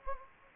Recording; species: mosquito wingbeat signal from an infrared sensor; Anopheles gambiae